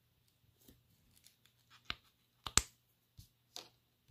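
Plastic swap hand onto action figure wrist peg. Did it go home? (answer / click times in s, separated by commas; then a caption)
yes / 2.6 s. A plastic alternate closed-fist hand for a Lightning Collection Mighty Morphin' Red Ranger action figure is pushed onto the figure's plastic wrist peg. Soft handling clicks and rustles lead up to a sharp click at 2.6 s as the hand snaps in, followed by a few lighter ticks. The swap hand is seated on the wrist peg.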